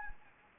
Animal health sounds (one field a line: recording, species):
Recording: mosquito wingbeat signal from an infrared sensor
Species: Anopheles gambiae